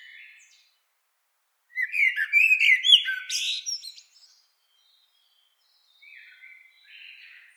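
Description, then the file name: Eurasian blackbird song: one rich phrase of mellow warbled notes with thin high squeaks on top, plus softer faint snatches before and after. "Turdus merula"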